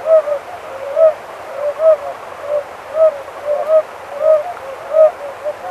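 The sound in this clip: Oriental fire-bellied toad: gentle hooting notes, some in quick pairs, varying in loudness.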